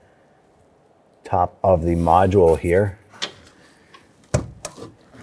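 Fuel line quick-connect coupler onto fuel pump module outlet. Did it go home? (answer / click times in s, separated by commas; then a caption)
yes / 4.4 s, 4.6 s. Someone talks, then a fuel line quick-connect fitting is pushed onto the top nipple of the fuel pump module of a 1997-2006 Jeep Wrangler, its windows lined up with the tabs of the plastic locking coupler. Two sharp snaps sound at 4.4 s and 4.7 s as the fitting locks home onto the module.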